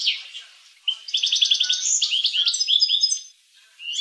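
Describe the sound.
Finch song: a soft opening note, a short quiet spell, then a run of rapid repeated high chips and slurred whistles before fading.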